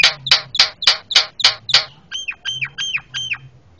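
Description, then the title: Javan myna with seven harsh, clicking squawks at a steady quick beat, followed by several clearer downslurred whistled notes over a low hum. Very noisy master calls used for tutoring caged birds. "Jalak Kebo Master Suara Super Berisik Buat Masteran"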